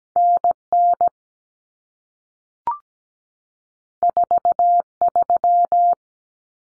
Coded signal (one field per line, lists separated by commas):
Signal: Morse code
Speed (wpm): 17 wpm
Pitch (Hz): 700 Hz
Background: none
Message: NN 43